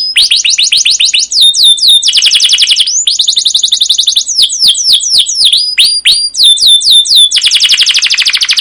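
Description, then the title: Canary singing continuously: rapid rolling trills of slurred notes alternating with dense buzzy rattles, with hardly any pause. Canary song used as a lure (pancingan) to train other canaries; long gacor song with cuit cuit chirps and ngerol rolling trills. "CUIT CUIT NGEROL LANGSUNG GACOR PANJANG Kenari Pancingan KENAR. Masteran Suara Burung Kenari Gacor Panjang cuit cuit Ngerol untuk Pancingan Kenari!"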